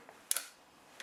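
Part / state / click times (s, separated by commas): cocking lever ratchet in air rifle action / partly seated / 0.3 s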